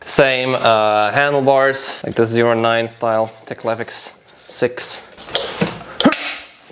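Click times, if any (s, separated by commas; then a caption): 6.0 s. Someone talks while the handlebar stem of an electric kick scooter is raised from folded to upright. The metal latch of the folding mechanism snaps into its locked position with a sharp click at 6.0 s, and the stem is locked upright.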